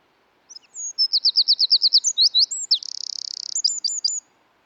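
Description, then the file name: Eurasian wren delivering a loud, high, rapid song of repeated notes running into a buzzy trill and finishing with a few crisp downslurred notes. "British Library - European Wren Troglodytes troglodytes"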